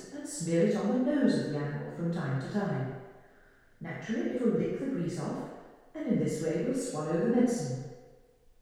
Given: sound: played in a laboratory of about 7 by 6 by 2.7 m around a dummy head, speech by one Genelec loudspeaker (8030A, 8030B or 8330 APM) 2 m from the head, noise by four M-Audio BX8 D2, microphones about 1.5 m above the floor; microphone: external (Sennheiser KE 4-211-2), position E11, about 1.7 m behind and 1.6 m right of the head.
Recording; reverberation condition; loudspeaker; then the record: female speech in English; high; behind (180 degrees)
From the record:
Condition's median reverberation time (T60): about 1300 ms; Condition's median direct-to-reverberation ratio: about -4.0 dB